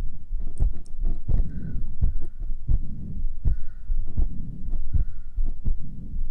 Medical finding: Heartbeat and Breathing.